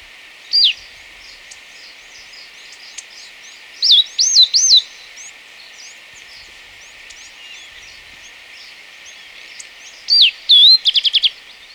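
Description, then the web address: Northern Rufous-naped Brush-Finch giving scattered high looped whistles and a short burst of rapid ticking notes between long quiet gaps, with faint background chirps. Ecuador. "Birds of Ecuador. Northern Rufous-Naped Brush-Finch"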